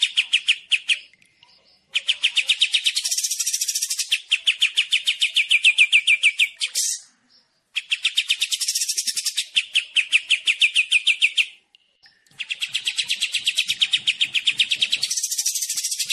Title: Masteran Kombinasi KAPAS TEMBAK VS CILILIN Jernih